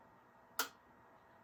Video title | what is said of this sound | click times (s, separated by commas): Tension on a Handi Quilter Longarm-- for Beginners | And did you hear that snap? | 0.6 s